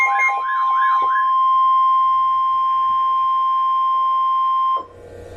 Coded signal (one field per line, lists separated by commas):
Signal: Emergency Alert System (SAME) tones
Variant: 1050 Hz attention tone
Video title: Severe Thunderstorm Warning - EAS #591